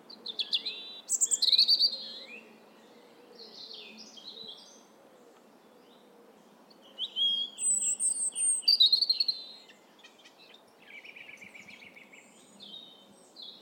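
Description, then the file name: European robin delivering varied high warbled phrases, sweeping whistles and fast trills in two loud bursts with a quieter trilled phrase afterward, steady low hiss beneath. "Erithacus rubecula"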